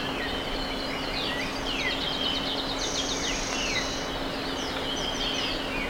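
Bird chorus of overlapping trills and chirps over a low steady hum.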